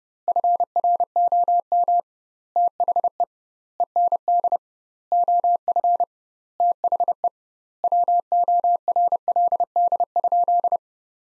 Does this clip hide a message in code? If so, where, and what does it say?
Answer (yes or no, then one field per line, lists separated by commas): yes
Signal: Morse code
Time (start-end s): 0.3-10.8 s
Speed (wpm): 30 wpm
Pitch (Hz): 700 Hz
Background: none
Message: FROM THE END OF THE WORLD?